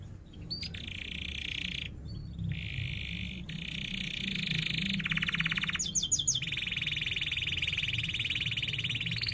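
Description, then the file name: Canary song of long buzzy trills and a brief run of sharp notes, softer and partly masked by low background noise. Canary singing vigorously (gacor), with 'cuit-cuit' chirps and sharp rolling trills (ngerol). "Suara Kenari Gacor Cuit Cuit Ngerol Tajam"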